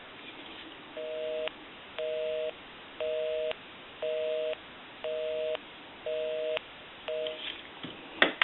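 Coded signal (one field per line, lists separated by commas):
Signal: telephone call progress tone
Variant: North America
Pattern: busy tone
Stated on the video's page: Heard on a single-slot payphone during conversion and repair checkout.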